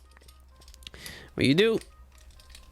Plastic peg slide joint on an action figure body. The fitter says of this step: like so until you hear it click